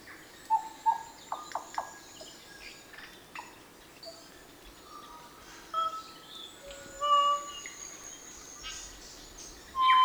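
Kōkako song: a few short clipped notes, then long steady flute-like tones at different pitches, with faint high bird chatter behind.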